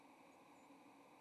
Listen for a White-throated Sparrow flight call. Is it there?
no